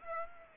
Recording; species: mosquito wingbeat signal from an infrared sensor; Aedes aegypti